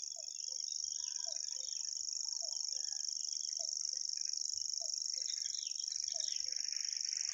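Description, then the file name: Common grasshopper warbler song, a steady, high-pitched ticking reel held throughout, over busy chattering and chirping of other songbirds lower down. "reti tucsokmadar hangja"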